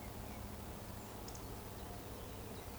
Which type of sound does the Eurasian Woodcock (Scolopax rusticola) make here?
whistle